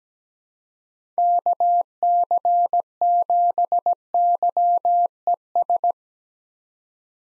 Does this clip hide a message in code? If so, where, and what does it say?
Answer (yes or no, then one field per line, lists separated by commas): yes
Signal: Morse code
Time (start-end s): 1.2-5.9 s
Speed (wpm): 17 wpm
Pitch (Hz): 700 Hz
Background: none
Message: KC7YES